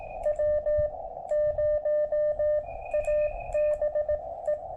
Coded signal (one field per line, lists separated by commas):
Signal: Morse code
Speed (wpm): 17 wpm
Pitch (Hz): 600 Hz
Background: music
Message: W0ABE